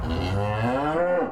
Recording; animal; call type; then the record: contact call of a hoofed animal; cattle; low-frequency (closed-mouth) or high-frequency (open-mouth) call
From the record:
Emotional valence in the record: negative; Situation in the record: full separation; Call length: 1.32 s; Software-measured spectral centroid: 1330 Hz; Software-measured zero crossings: 1270 a second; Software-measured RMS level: -24 dBFS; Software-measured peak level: -12 dBFS